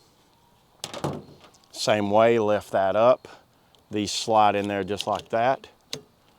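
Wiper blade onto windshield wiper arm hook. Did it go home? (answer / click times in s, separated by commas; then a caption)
yes / 5.9 s. A driver-side budget all-season windshield wiper blade is slid onto the wiper arm hook while someone talks. Its plastic clip snaps into place with a short, sharp click at 5.9 s, and the blade is seated on the arm.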